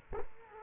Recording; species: mosquito wingbeat signal from an infrared sensor; Culex quinquefasciatus